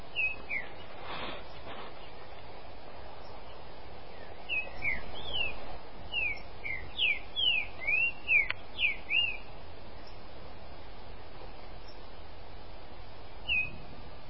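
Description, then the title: Green-winged saltator song with rapid slurred whistled notes in a longer midway run, single notes before and after, and low rumbling background noise. "Trinca Ferro"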